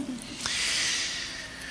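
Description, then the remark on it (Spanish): A woman yawns: a brief low voiced note, then a sudden intake that swells into a long, airy, breathy exhale lasting over a second before fading slightly. “…, no te duermas. Está bostezando.”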